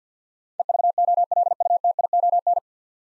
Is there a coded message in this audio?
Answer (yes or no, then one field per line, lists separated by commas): yes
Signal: Morse code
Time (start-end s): 0.6-2.6 s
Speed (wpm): 51 wpm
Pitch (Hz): 700 Hz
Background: none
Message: EVOLUTION